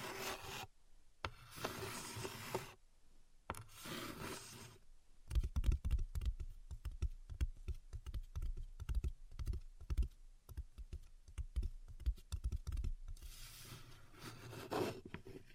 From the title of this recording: Tapping and Scratching